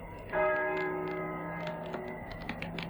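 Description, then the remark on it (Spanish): A single deep church bell strike tolls for prayer at San Juan del Duero, ringing out with a long, shimmering hum of overtones that slowly fades, while faint clicks and ticks sound over the decaying tone. “Las campanas doblan.”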